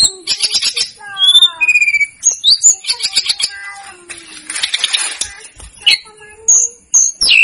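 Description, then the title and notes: Snowy-browed flycatcher song: a varied stream of high twittering notes, short whistles and buzzy trills, continuous with only small gaps. Masteran recording made for training cage birds; local names Tledekan Gunung and Sikatan Gunung. "Masteran Tledekan Gunung Sikatan Gunung 1. BURUNG TLEDEKAN"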